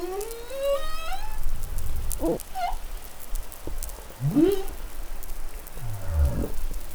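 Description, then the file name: Humpback whale song mixing a rising whistled harmonic tone with several short rising and falling sweeps and a low grunt near the end. Recorded in New Caledonia on 20 July 2013. "Baleinea Bosse Nouvelle Caledonie 20130720 Glotin"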